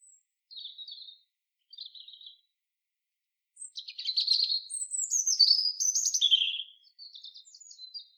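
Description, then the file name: European robin with two soft trilled phrases followed by a long, loud cascade of high, tinkling, tumbling notes and a quieter twittering tail. "Erithacus rubecula"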